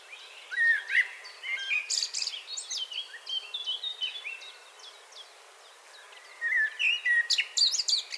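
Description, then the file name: Common blackbird warbling fluty phrases that end in scratchy high twitters, with a quieter spell of thin high ticks between bursts. "Turdus merula 181122"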